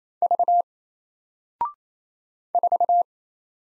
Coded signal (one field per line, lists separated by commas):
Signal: Morse code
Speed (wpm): 27 wpm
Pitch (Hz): 700 Hz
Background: none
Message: V 4